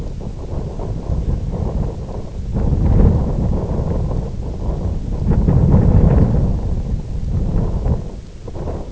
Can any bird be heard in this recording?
no